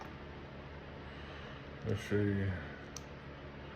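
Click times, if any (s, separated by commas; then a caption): 3.0 s. A bottom removable dental veneer, a thin plastic shell, is pressed onto the lower teeth while someone talks briefly. A short, sharp click is heard at 3.0 seconds as the veneer seats onto the teeth.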